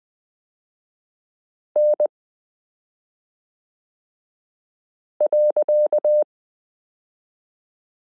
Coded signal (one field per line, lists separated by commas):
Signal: Morse code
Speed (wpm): 20 wpm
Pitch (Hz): 600 Hz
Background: none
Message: N .